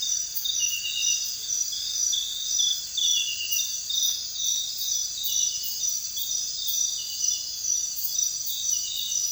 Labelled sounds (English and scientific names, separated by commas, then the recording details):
none
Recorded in secondary vegetation near Puerto Asís, Putumayo, Colombia, on 29 June 2025 at 04:00
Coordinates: 0.498, -76.327
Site GP09